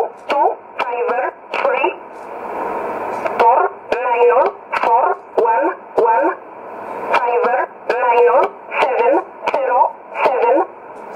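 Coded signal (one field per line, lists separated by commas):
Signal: numbers station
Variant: E11 Oblique, English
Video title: 12 06 2017 Numbers station E11 Oblique in English to Eu 0754 on 9610 in USB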